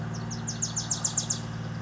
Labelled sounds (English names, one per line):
Bewick's Wren